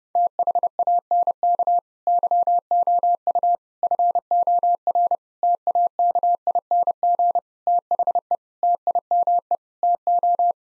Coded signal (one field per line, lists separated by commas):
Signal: Morse code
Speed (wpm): 30 wpm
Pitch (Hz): 700 Hz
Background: none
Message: THANK YOU FOR TAKING THE TIME TO